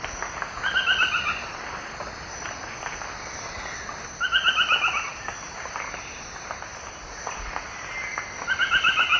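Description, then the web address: Buff-throated foliage-gleaner giving rapid, chattering phrases that drop in pitch, repeated roughly every four seconds against a continuous high-pitched insect drone. Recorded in the eastern lowlands of South America. "Natures Songs S America Eastern Lowlands. Buff-throated Foliage-gleaner"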